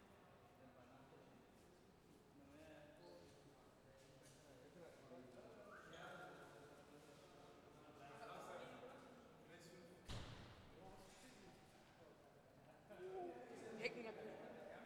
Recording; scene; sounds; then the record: everyday scene through a hearing-aid microphone; reverberant space; background noise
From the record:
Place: railway station hall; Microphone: behind the ear, left, rear